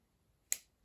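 The locking collar on a heavy-duty MelodySusie SM320G electric nail drill handpiece is twisted to open the bit chuck, a lock that clicks twice. A single sharp, bright click at 0.5 s cuts through near silence and fades within about a tenth of a second. With this click the collar is released and the chuck is open.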